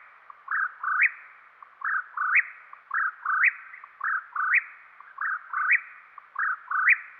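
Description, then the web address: Whip-poor-will song: a rhythmic three-part whistled phrase, the last note sweeping sharply upward, repeated roughly every 1.2 seconds with no other sounds. Recorded in western North America. "Dan Gibson Wildlife Identification By Sound, Western North America. Whip Poor Will"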